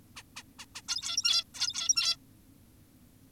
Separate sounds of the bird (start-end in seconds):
0.16-0.23, 0.36-0.43, 0.59-0.66, 0.75-0.82, 0.88-1.44, 1.54-2.17